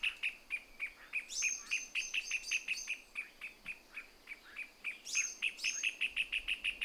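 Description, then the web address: Pale-legged hornero song: two series of sharp repeated notes, with thin, high drawn-out whistles over them. "sound Pale-legged-hornero. صدای-پرنده-هورنرو-پاروشن"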